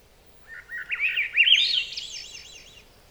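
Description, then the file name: Swainson's thrush delivering a single breezy, rising spiral of warbled flutey notes that climbs steadily higher and fades out. Subspecies ustulatus. "c u ustulatus"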